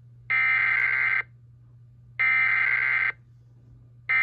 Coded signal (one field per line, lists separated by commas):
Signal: Emergency Alert System (SAME) tones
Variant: header bursts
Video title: EAS 960: FGF TOR